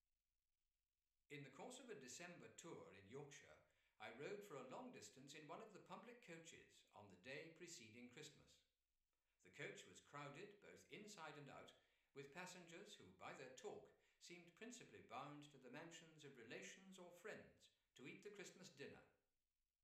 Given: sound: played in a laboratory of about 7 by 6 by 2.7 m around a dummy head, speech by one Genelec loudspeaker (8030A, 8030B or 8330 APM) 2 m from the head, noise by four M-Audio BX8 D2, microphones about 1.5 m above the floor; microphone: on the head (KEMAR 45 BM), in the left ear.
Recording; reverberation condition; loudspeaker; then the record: male speech in English; medium; 90 degrees to the left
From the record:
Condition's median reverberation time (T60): about 510 ms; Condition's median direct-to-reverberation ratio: about -0.5 dB